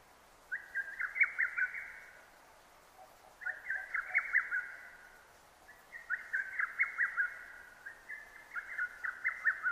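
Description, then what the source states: Lesser cuckoo singing four emphatic bursts of rapid, clipped notes, separated by short pauses. Recorded 6 June 2009.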